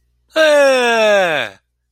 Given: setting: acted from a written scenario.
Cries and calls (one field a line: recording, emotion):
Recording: vocal sound without words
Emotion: positive surprise